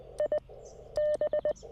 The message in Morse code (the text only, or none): I B